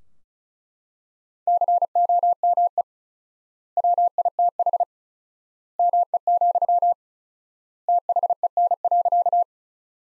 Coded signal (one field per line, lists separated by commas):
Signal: Morse code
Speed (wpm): 34 wpm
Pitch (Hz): 700 Hz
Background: none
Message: COME WITH ME, THEN.